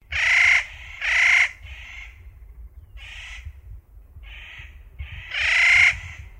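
Spotted nutcracker uttering harsh, rasping calls, two loud notes, then fainter ones, then another loud rasp near the end.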